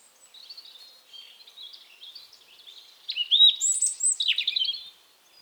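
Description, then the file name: European robin warbling softly at first, then louder bright twittering notes and trills in the second half. "Erithacus rubecula"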